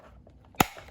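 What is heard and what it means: On a 1996 Super 12-inch oscillating fan, the second plastic retaining clip is pushed into the fan motor housing and snaps into place with one sharp, bright click at 0.6 s. The clip seats fully home, and only faint low background noise is heard around it.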